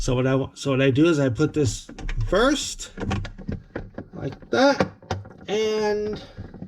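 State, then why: Not seated. Someone talks while handling a plastic light cover for a GE refrigerator, hooking it in at one side of the ceiling light housing in the fresh-food compartment and getting ready to prop it up onto its retaining tabs. A few faint, short taps are heard around 3.5, 3.8 and 4.0 seconds beneath the speech. Nothing has seated or clicked yet; the cover is not yet snapped home when the clip ends.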